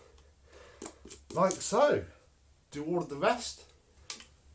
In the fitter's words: they are dry and they just snap into place like